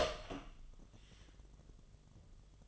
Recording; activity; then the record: daily activity, microphone in the room; open door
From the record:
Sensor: 4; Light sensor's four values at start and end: 13/30/12/11 and 13/29/11/11